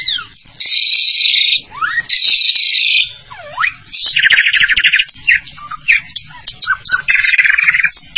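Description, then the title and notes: Starling song of loud harsh buzzy notes and swooping slurred whistles, followed by a rapid jumble of scratchy chattering phrases. "suara burung jalak"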